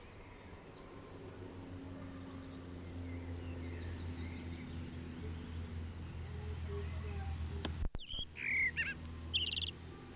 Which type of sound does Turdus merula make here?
song